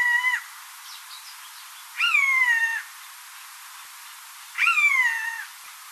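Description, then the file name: Eurasian jay calls: three slightly descending nasal notes rich in harmonics, the first short and the last two drawn out, spaced roughly two to two and a half seconds apart, with faint short sounds between the first two. "Garrulus glandarius"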